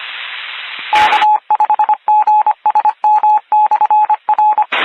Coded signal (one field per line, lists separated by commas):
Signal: Morse code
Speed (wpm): 25 wpm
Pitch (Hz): 850 Hz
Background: radio noise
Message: K5GSM/R